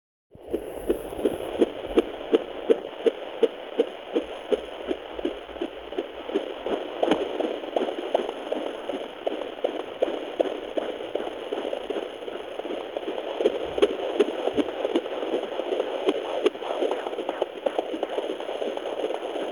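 Rapid, regular whooshing pulses at about 160 a minute, a baby's heartbeat in the womb heard on doppler.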